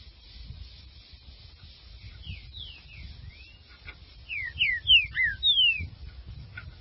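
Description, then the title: Green-winged saltator singing a few soft whistles, then a loud run of five clear whistled notes ending in a long falling slur, over low background rumble. "Trinca Ferro"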